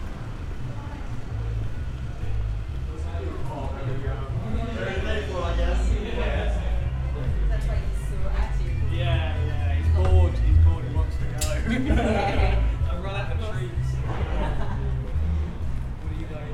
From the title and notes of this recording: Binaural Roman City Walk | City of Bath. The sounds of echoing footsteps, distant chatter, and bustling crowds. Walk through the historic city of Bath.